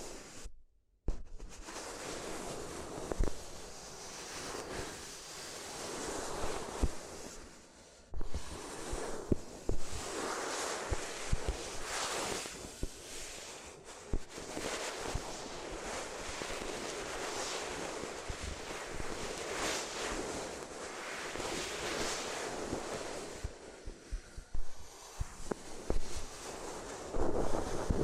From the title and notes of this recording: ASMR If You Had Paper Ears (No Talking).